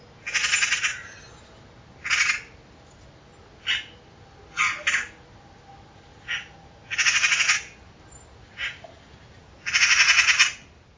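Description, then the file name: Eurasian magpie uttering grating, noisy squawks in irregular bursts, short harsh notes mixed with longer rattling ones. "Ekster Pica pica"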